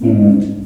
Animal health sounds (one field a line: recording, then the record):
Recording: squeal of a Yucatan mini pig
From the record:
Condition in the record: after surgery on the right vocal fold (resection and tissue-engineered implant)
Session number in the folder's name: 5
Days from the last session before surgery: 33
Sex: female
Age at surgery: 19 weeks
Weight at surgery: 25 kg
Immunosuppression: prednisolone